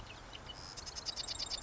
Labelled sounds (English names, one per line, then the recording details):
Marsh Wren
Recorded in Sonoma County, California